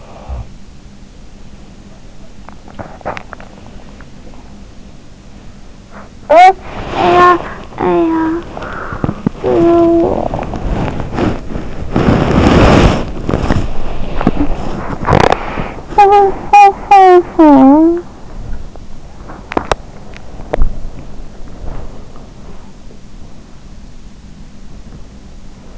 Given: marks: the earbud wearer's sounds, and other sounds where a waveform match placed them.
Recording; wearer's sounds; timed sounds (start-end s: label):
sounds in sleep by an in-ear microphone; snoring breath, teeth grinding, talking in sleep, body movement
0.00-0.46 s: snoring breath
2.16-2.90 s: teeth grinding
3.23-4.30 s: talking in sleep
6.09-8.54 s: talking in sleep
6.92-15.84 s: body movement
9.41-10.74 s: talking in sleep
14.31-14.68 s: talking in sleep
15.84-18.29 s: talking in sleep
19.41-21.15 s: body movement
21.49-22.81 s: sound from someone else or the room